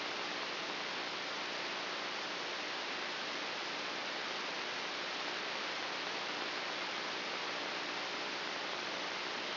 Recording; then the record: brain microelectrode recording played as sound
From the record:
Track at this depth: inside the subthalamic nucleus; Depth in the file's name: 3.502 mm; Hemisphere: left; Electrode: 2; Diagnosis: Parkinson's disease